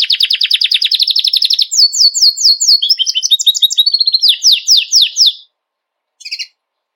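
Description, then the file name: Belgian canary singing a rapid buzzy trill that shifts into descending whistled sweeps and chattering phrases, stopping abruptly, then one brief final burst after a pause. White Belgian canary; song. "canto do canario belga branco"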